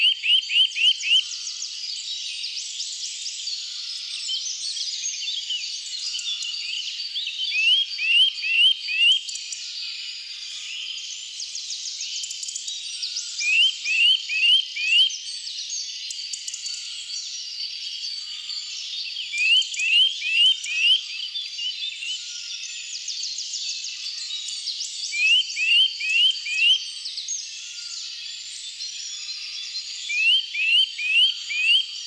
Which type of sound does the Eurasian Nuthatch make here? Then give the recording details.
song. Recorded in the wild. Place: Waltershofen / Freiburg im Breisgau, Baden-Württemberg, DE. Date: 2009-04-10. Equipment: MiniDisc Sharp MT 20 H. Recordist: Schwarz, Dieter. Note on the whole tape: Song